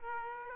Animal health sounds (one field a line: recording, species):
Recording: mosquito wingbeat signal from an infrared sensor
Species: Aedes aegypti